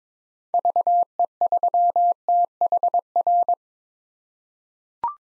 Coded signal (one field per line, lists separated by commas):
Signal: Morse code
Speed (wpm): 22 wpm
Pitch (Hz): 700 Hz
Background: none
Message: VE3THR